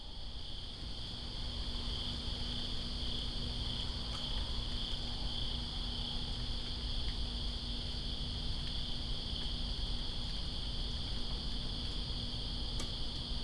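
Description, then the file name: Crickets sustain a continuous shrill trill for the whole stretch, with steady rainfall hiss and a few isolated drop clicks. Greensboro, September 2, 2017, in rain. "Greensboro Crickets And Rain September 02 2017"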